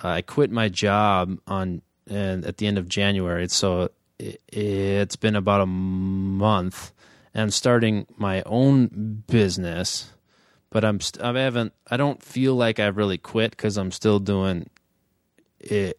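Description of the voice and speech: An adult male speaker who stutters, with stuttering that has been very intense and physically harder lately. His speech is broken by long held sounds and pauses.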